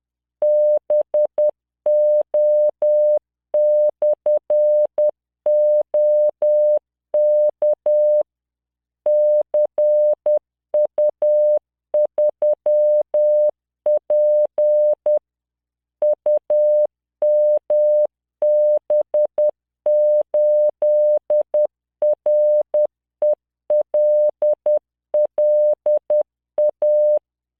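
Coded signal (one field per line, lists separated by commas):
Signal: Morse code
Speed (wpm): 10 wpm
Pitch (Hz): 600 Hz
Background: none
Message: BO/OK CU3P UMB8RELLA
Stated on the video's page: Software-generated Morse practice of words with numbers and symbols at 10 wpm, 600 Hz tone, standard 3-dot spacing.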